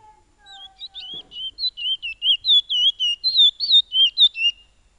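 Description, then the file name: Piolet bird song, a quick string of high, twisting whistled notes. A soft lower whistle and a brief click come at the start. "suara burung piolet omkicau"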